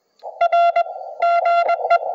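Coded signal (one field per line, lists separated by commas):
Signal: Morse code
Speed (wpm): 21 wpm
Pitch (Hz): 690 Hz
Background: none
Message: R GE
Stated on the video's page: Park activation Morse on K-7033.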